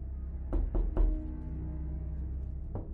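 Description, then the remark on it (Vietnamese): Three quick, solid knocks on a hospital room door in a fast cluster, followed by a pause and a single softer knock near the end. The knocks are dull and woody, with no voices. “Bất chợt phía cửa phòng vang lên tiếng gõ cửa.”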